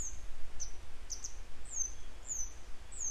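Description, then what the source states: Grey wagtail calls: a run of piercing, high, descending notes, irregularly spaced about every half second, against faint hiss and low-frequency rumble. A pair still searching for their young today; follow-up to an earlier recording.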